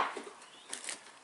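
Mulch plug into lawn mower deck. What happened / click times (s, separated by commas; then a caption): The plastic plug snapped into place / 0.7 s, 0.9 s. A plastic mulch plug is slotted into the deck/chute opening of a Honda HRU216M1 lawn mower. After a scraping, shuffling sound, it locks in place with clicks at 0.7 and 0.9 seconds, and the plug is seated.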